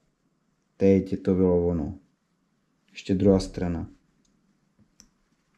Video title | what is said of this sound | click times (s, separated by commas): Škoda Octavia, díl 97 | cvak teď tam vlez jo protože podmínkou | 5.0 s